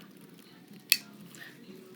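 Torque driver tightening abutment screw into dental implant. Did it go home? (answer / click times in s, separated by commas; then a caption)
yes / 0.9 s. A dentist tightens the small gold abutment screw of a dental implant crown with a torque driver. A single sharp, bright click at 0.9 s marks the driver reaching its set torque, with only faint low background hum around it. The screw is torqued down to specification.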